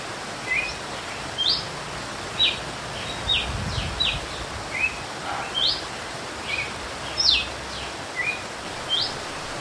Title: Canto Galo Campina Fêmea 01. GALO de CAMPINA cantando açoite flauteado